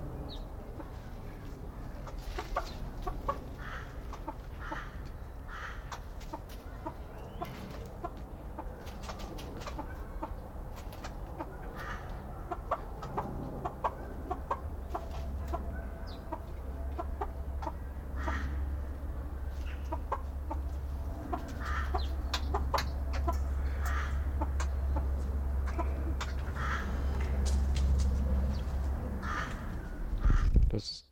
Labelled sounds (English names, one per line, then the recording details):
Koklass Pheasant call
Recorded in captivity
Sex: female
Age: adult
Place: Tierpark Berlin, Berlin, DE
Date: 1992-10-31 13:50
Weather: heiter, 6°C
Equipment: Marantz CP 430, Sennheiser ME 80, Kopie Tesla B 116
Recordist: Tembrock, Günter